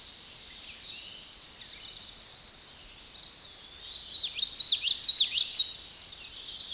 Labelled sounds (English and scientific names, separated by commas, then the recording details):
Common Yellowthroat (Geothlypis trichas) song
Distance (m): 5 m
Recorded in a Pennsylvania forest on 16 May 2024 at 06:04
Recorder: AudioMoth, point MSD-2143
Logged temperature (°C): 16.0 °C
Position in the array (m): 60 m, 152 m